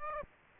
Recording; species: mosquito wingbeat signal from an infrared sensor; Aedes aegypti